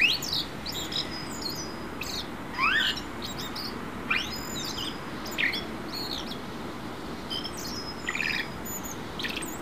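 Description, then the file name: Common blackbird giving short sweeping call notes, some rising and some falling, spaced irregularly every couple of seconds, with faint high chirps and constant low background noise. "Turdus merula"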